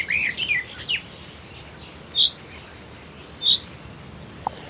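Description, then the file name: Common chaffinch calls: two short, bright, high notes over a second apart, following a brief burst of twittering, with steady background hiss. "Fringilla coelebs"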